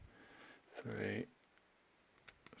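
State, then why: Seated. Someone briefly talks while picking a small pin tumbler lock with heavy tension on the wrench. A few faint ticks follow, then a sharp, small click at 2.5 s as pin 4 is lifted and sets at the shear line.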